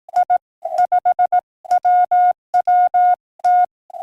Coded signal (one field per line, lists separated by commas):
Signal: Morse code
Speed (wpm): 22 wpm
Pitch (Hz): 710 Hz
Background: none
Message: I 5 WWT